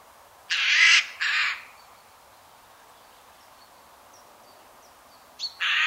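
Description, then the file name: Eurasian Jay screeching: two loud, harsh, ragged screeches in quick succession, then a pause and a third harsh screech at the end. "Garrulus glandarius"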